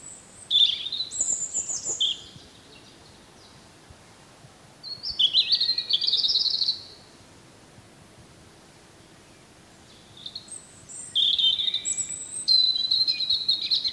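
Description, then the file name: European robin, three bursts of high, thin, tinkling warbled phrases separated by silent pauses, with faint background hiss. "Erithacus rubecula"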